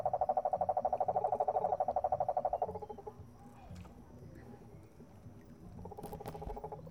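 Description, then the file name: Cane toad giving a low, steady pulsed trill for nearly three seconds, then a pause, then a second trill starting near the end. Several cane toads recorded in San Jose, Costa Rica, on 17 July 2017. "2017-07-17 Cane Toads San Jose CR"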